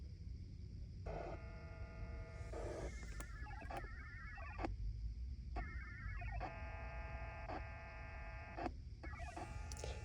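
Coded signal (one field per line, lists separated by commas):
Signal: HF data modem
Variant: VARA FM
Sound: several short warbling, buzzy digital bursts with clicks, separated by brief gaps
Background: low rumbling background noise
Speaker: now you're going to hear a mix of signals because you're going to hear the KK4 ODA-4 DGER and you're going to hear the WD5 EMA uh station.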